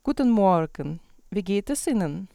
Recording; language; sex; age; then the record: spoken sentence; German; female; 40 to 49 years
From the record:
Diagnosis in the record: singing voice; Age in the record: 43 years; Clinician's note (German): Ausgebildete Gesangsstimme